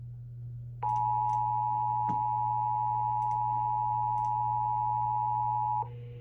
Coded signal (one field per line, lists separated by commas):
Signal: Emergency Alert System (SAME) tones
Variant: 853 and 960 Hz attention tone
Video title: EAS 1155-1157: Weekly Tests from 10/28/2020